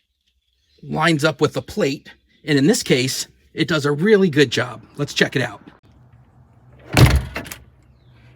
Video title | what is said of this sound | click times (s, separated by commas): Worksport AL 4 Tonneau Cover - Easy Install & Review! #tonneaucover #bedcover #f150 | you can see it latches and aligns perfectly. | 7.0 s